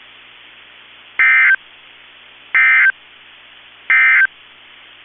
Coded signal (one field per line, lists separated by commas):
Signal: Emergency Alert System (SAME) tones